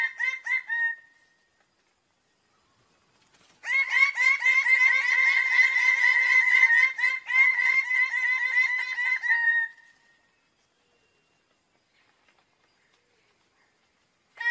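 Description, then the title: Bird-of-paradise giving a brief series of notes, then after a pause a six-second burst of rapid, buzzy, harmonic notes, about four per second, then silence before another call begins. Master song used for training songbirds. "Kicau Master Cendrawasih"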